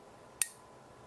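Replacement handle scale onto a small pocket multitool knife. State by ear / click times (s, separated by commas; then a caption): seated / 0.4 s. A replacement handle scale is aligned with the interface plate cutouts on a 58mm Versa58 Swiss Army pocket multitool knife, its release lever is pressed in and the scale is slid forward until it locks. A single sharp, bright click sounds at 0.4 s over quiet background. The scale seats and is secure.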